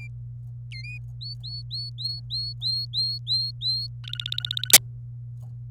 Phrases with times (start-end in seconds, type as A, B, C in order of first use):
0.71-0.98 A, 1.21-3.87 B, 4.04-4.73 C